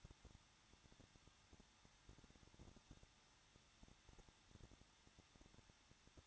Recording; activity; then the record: daily activity, microphone in the room; no activity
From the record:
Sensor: 3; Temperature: 21.2 degrees Celsius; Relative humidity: 36.3%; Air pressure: 1006.3 hPa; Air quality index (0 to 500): 222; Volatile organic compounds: 42 ppm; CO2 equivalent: 3178 ppm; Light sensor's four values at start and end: 2/3/2/2 and 2/3/2/2